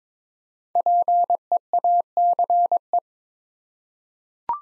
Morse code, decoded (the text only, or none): PEACE